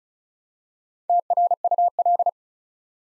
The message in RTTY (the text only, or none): none